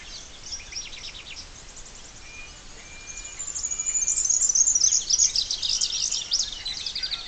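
Splendid fairywren song: a high, fast reeling trill that builds in the second half, over background bird chatter.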